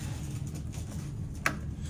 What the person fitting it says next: Heard it click.